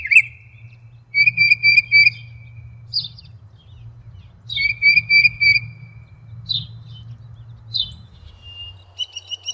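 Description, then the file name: Northern mockingbird song: varied phrases, including clear whistled notes repeated three or four times, brief chirps and higher repeated notes at the end, over a low hum. "kicauan-burung-northern-mockingbird -omkicau"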